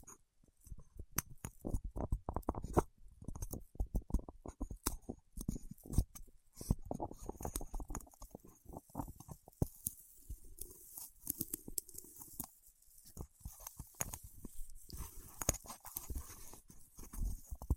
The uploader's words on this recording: ASMR with Wax Fingertips for Sleep (No Talking).